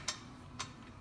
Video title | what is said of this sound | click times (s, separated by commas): Her First Brake Job! How To Replace Front Brake Pads And Rotors On A 2006-2012 Ford Fusion | Once you feel that click, that's when you stop. | 0.1 s